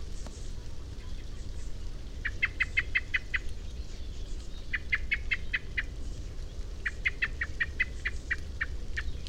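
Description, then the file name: Common blackbird chinking call, three rapid series of sharp metallic notes over low steady background noise. "Turdus merula"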